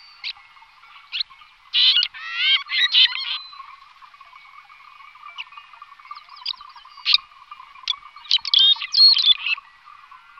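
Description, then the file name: Eurasian crag martin giving scattered bursts of high, dry twittering and short chirps, clustered in groups separated by quieter pauses, over a faint steady hum. "vlaštovka-skalní"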